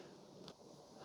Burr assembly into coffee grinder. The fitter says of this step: okay so then when you're ready to put it in put it in until it snaps put the lid down